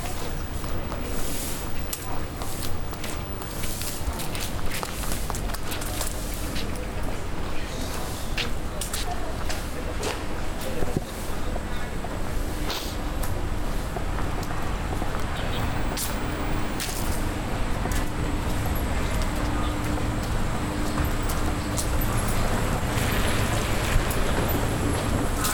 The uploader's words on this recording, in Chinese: 穿过南锣鼓巷｜城市声音。录音时间是2020年12月7日上午。